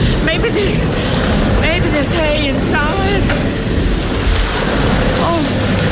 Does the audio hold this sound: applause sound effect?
no